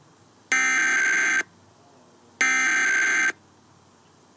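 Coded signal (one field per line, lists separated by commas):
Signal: Emergency Alert System (SAME) tones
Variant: header bursts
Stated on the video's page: Massachusetts monthly test aired on a CBS television station.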